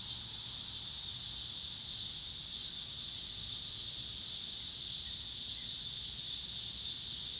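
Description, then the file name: Cicadas in a high, hissing chorus running without pause, over faint low noise. Cicadas with car noise in Pittsburgh, Pennsylvania, on 26 August 2023. "cicadas and cars Pittsburgh PA"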